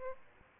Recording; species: mosquito wingbeat signal from an infrared sensor; Aedes albopictus